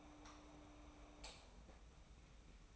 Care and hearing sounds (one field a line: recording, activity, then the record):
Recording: daily activity, microphone in the room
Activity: light off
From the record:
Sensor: 1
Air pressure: 991.0 hPa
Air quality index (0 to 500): 109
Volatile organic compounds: 98 ppm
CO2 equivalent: 3741 ppm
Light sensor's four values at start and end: 26/66/27/29 and 23/51/22/24